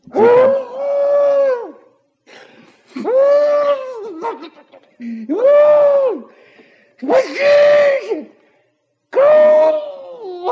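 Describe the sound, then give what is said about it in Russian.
A man wails and screams in terror, five long, loud, high-pitched cries, each sliding up at the start and dropping off at the end, broken by brief gasping pauses. “Кричи, леший.”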